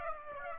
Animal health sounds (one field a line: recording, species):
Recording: mosquito wingbeat signal from an infrared sensor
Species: Aedes aegypti